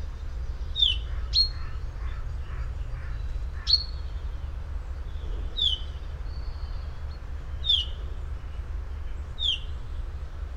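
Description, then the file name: Common chaffinch calls: several short, sharp downslurred notes, spaced a second or two apart, over a steady low rumble. "Fringilla coelebs"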